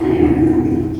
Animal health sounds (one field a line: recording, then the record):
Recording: squeal of a Yucatan mini pig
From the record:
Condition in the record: before surgery on the right vocal fold (resection and tissue-engineered implant)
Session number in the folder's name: 2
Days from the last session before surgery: -15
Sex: female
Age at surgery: 19 weeks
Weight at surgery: 25 kg